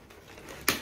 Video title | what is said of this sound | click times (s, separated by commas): Henry Hoover Quick only £250 | okay okay like that you can uh hear the click | 0.7 s